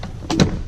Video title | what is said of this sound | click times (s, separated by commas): 2015 Honda CRV - McKenney Salinas Honda - Charlotte Area Honda Dealer - PH7737 | comes right up locks into place | 0.3 s, 0.4 s